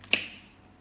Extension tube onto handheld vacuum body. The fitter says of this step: can be hooked up with a click.